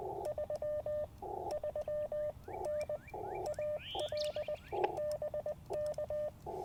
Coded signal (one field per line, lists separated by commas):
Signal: Morse code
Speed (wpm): 20 wpm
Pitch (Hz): 600 Hz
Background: none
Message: 33N AL BK